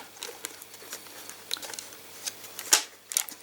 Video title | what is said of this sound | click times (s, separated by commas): Winsor & Newton watercolour Paints: What's In That Box? #winsorandnewton #watercolor #paintbox | all of these will come out. Clicks back in. | 2.7 s, 3.2 s